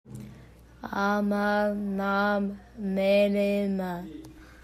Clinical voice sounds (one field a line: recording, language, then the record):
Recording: elicited speech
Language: Bengali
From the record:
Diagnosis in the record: Broca's or global aphasia after a stroke